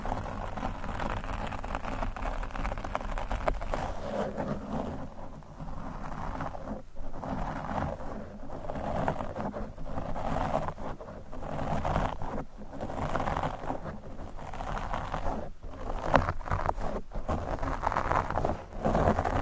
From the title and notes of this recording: ASMR Mic Brushing, Scratching, & Fast Tapping (No Talking).